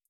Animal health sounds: hydrophone in a shrimp aquaculture tank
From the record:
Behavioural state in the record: feeding

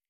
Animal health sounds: hydrophone in a shrimp aquaculture tank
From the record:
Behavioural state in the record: feeding

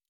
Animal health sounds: hydrophone in a shrimp aquaculture tank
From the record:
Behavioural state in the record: normal

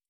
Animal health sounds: hydrophone in a shrimp aquaculture tank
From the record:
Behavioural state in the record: stressed

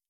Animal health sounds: hydrophone in a shrimp aquaculture tank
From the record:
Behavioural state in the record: normal

